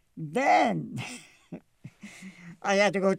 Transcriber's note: laughs